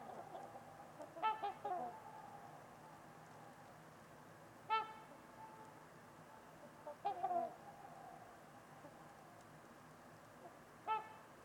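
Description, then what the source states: Trumpeter swans giving loud nasal honks, some doubled or in short runs, separated by pauses of a few seconds, over a faint steady hiss. Trumpeter swans at Winters Lake on a winter evening in a deep, silent valley with distant white noise.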